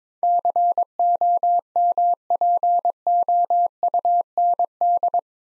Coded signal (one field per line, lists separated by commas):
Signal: Morse code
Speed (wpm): 23 wpm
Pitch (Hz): 700 Hz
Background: none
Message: COMPOUND